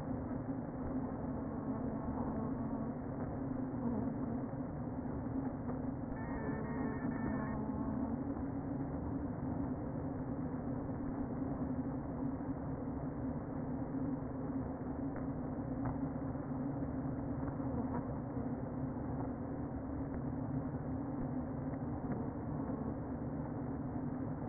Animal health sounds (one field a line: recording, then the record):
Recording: honeybee colony, microphone inside the hive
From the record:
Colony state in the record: queen present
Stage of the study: before two queens were removed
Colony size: about 60,000 bees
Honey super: yes